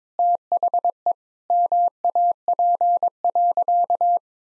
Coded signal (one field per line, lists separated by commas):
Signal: Morse code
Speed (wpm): 22 wpm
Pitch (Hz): 700 Hz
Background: none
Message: THE MAP.